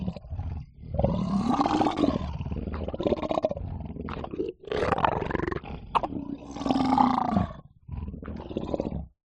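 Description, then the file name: Lion's harsh growls and grunts come in several drawn-out rasping bursts separated by brief pauses, deep and gravelly throughout. Lion eating. "zapsplat animals lion eating"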